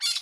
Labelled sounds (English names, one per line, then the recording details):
Brown-throated Parakeet contact call
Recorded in Curacao
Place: Hoffi Jan Thiel
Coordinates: 12.094, -68.877